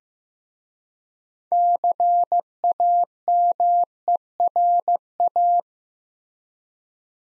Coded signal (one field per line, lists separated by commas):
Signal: Morse code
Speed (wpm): 15 wpm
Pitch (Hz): 700 Hz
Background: none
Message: CAMERA